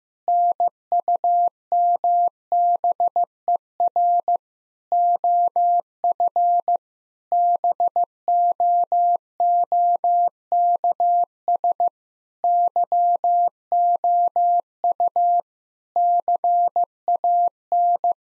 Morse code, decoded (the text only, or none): NUMBER OF BOOKS YOU CAN